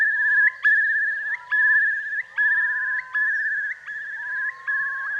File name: Curlew Sounds